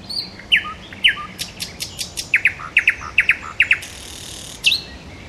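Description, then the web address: Nightingale song of loud downslurred whistles, several in quick pairs, followed by a brief noisy burst and a last note. "soud solovejj"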